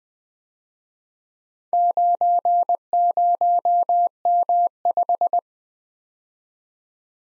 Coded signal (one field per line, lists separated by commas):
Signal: Morse code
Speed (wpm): 21 wpm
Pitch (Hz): 700 Hz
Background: none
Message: 90M5